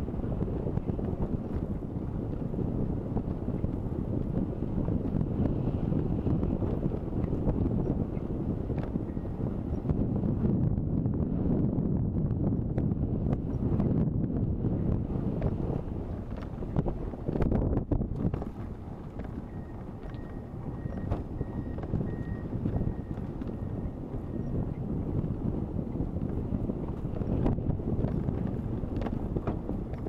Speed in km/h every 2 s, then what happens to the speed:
22, 23, 22, 22, 22, 21, 21, 21, 20, 20, 20, 19, 19, 19, 18.
0-30 steady at about 21.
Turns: none.